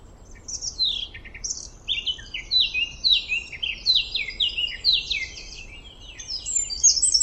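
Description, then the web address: Bird calls, a steady stream of short, sharp, falling chirps and brief trills at high pitch, repeated throughout over faint background hum. "Deverinetal 2025 File origin Bird Only"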